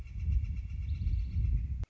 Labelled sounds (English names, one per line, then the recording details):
Northern Flicker
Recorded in Sonoma County, California